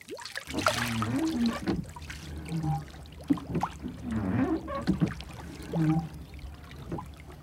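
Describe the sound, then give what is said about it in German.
Water sloshes and trickles in uneven splashes, with bumps and scrapes as a boat is dragged out from under a pine tree through shallow water, the gurgling rising and falling over several seconds. “damit beschäftigt, das Boot unter der Kiefer hervorzuziehen.”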